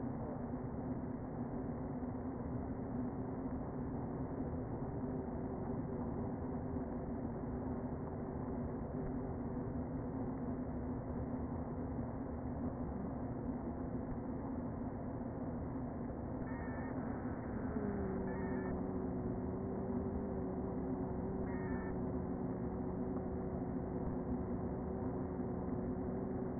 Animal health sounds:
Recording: honeybee colony, microphone inside the hive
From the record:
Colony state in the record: queen present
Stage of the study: before two queens were removed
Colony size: about 60,000 bees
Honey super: yes

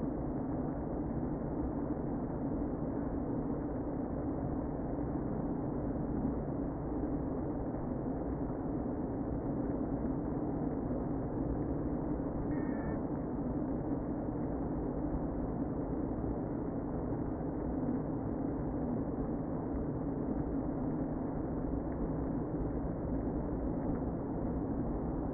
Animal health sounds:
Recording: honeybee colony, microphone inside the hive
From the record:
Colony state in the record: queen present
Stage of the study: before two queens were removed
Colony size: about 60,000 bees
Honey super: yes

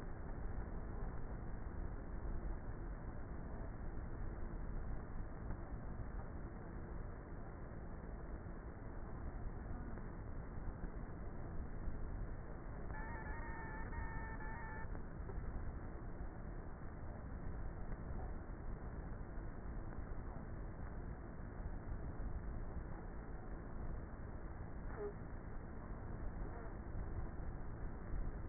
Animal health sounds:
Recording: honeybee colony, microphone inside the hive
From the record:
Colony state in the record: queenless with a low population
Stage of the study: before two queens were removed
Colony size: about 30,000 bees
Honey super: no

